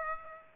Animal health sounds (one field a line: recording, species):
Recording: mosquito wingbeat signal from an infrared sensor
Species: Aedes aegypti